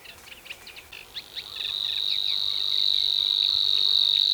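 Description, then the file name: Savi's warbler song: after some scattered chirpy notes, a steady, high, insect-like buzzing reel starts and runs unbroken to the end. "snor zang"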